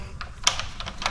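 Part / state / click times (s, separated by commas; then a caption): gas hose quick-connect into welder gas outlet / not seated / none. A gas hose is handled at the quick-connect gas outlet on the front panel of a UNIMIG Razor 4inONE TIG/MIG welder, getting ready to be pushed in until it clicks. Short, sharp taps and knocks of handling are heard, with the loudest at about 0.5 s and others near 0.6 s and 1.1 s. The gas line has not yet seated or clicked into the fitting.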